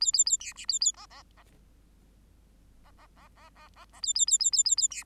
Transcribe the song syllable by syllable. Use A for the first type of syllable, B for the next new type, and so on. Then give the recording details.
A A A B C A A D D D D D D D D D D A A A A A A A B. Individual Bird8